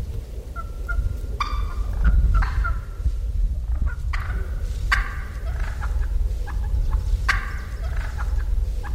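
Turkey gobbling: several rattling gobbles over a steady low rumble.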